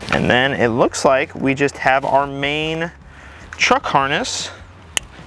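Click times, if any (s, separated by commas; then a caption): 5.0 s. A headlight wiring harness connector is plugged into the headlight assembly on a truck while someone talks. After the talking stops, a single sharp click at 4.97 s marks the connector seating.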